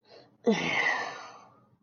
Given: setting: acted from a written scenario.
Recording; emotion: vocal sound without words; shame